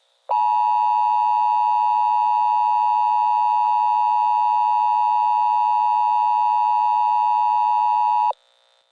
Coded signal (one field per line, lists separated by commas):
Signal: Emergency Alert System (SAME) tones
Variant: 853 and 960 Hz attention tone